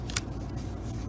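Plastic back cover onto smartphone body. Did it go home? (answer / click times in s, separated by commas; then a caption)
no / none. A plastic back cover is pressed onto the body of an LG smartphone while the phone is reassembled after a battery replacement. Two short, sharp ticks sound at about 0.1 s and 0.2 s over a low steady hum. The cover has not snapped into place yet, and nothing has seated or clicked.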